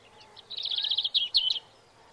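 Robin song: a quick, high twittering run of rapid notes lasting about a second, ending in a couple of sharper, slurred notes, with low background hum.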